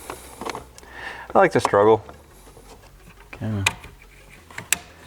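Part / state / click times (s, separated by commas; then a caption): dash wiring harness connector into its mating socket behind the glove box / seated / 4.7 s. Someone talks while reinstalling a plastic dash wiring harness connector into its mating socket behind the glove box of a G37, working by feel, with faint rubbing and small knocks during a brief struggle. At 4.7 s the connector locks home with a single sharp click and is seated.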